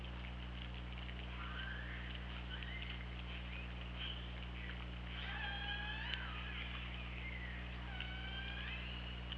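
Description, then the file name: Killer whale calls: several rising, harmonic-rich upswept tones repeated in bursts over a steady low hum, with faint clicks between them. Recorded by the OrcaLab hydrophone, underwater, on 24 August 2017 at 08:04. "Orca Lab UTLN JASON 20170824 080429"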